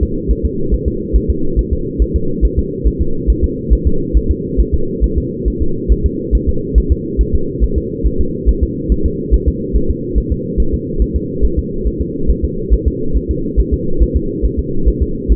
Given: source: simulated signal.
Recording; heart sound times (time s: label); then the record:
fetal heart sounds
0.03 s: S2
0.31 s: S1
0.45 s: S2
0.74 s: S1
0.88 s: S2
1.16 s: S1
1.30 s: S2
1.59 s: S1
1.73 s: S2
2.02 s: S1
2.16 s: S2
2.45 s: S1
2.59 s: S2
2.87 s: S1
3.02 s: S2
3.30 s: S1
3.44 s: S2
3.73 s: S1
3.87 s: S2
4.17 s: S1
4.31 s: S2
4.60 s: S1
4.74 s: S2
5.04 s: S1
5.18 s: S2
5.48 s: S1
5.62 s: S2
5.92 s: S1
6.06 s: S2
6.35 s: S1
6.49 s: S2
6.78 s: S1
6.92 s: S2
7.21 s: S1
7.35 s: S2
7.64 s: S1
7.78 s: S2
8.06 s: S1
8.21 s: S2
8.49 s: S1
8.63 s: S2
8.92 s: S1
9.06 s: S2
9.34 s: S1
9.48 s: S2
9.76 s: S1
9.90 s: S2
10.18 s: S1
10.32 s: S2
10.60 s: S1
10.74 s: S2
11.02 s: S1
11.16 s: S2
11.45 s: S1
11.59 s: S2
11.87 s: S1
12.01 s: S2
12.30 s: S1
12.44 s: S2
12.74 s: S1
12.88 s: S2
13.16 s: S1
13.31 s: S2
13.59 s: S1
13.74 s: S2
14.02 s: S1
14.16 s: S2
14.45 s: S1
14.59 s: S2
14.88 s: S1
15.03 s: S2
15.32 s: S1
From the record:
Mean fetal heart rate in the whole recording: 140 bpm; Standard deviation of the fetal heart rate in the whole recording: 2 bpm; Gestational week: 34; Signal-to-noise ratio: -8.1 dB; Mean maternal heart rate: 72 bpm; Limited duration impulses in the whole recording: absent